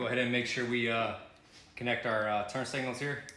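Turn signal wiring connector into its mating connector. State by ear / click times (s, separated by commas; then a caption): not seated / none. Someone talks while handling a plastic turn signal wiring connector and its mating connector on a Road Glide motorcycle fairing. Nothing has seated or clicked yet.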